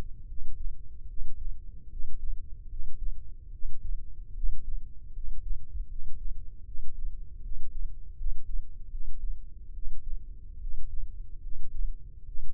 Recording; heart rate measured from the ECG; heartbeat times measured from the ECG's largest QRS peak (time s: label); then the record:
heart sounds by microphone in the left ear; 75 bpm
0.26 s: heartbeat
1.07 s: heartbeat
1.89 s: heartbeat
2.68 s: heartbeat
3.50 s: heartbeat
4.33 s: heartbeat
5.12 s: heartbeat
5.87 s: heartbeat
6.64 s: heartbeat
7.41 s: heartbeat
8.15 s: heartbeat
8.89 s: heartbeat
9.72 s: heartbeat
10.59 s: heartbeat
11.40 s: heartbeat
12.24 s: heartbeat
From the record:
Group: healthy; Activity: rest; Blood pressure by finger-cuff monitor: 124/86 mmHg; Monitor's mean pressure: 93 mmHg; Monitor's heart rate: 76 bpm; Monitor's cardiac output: 5.5 L/min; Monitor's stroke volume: 72 mL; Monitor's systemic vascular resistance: 1230 dyn s/cm5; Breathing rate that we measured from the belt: 21 breaths a minute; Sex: male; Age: 21 years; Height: 170 cm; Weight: 71 kg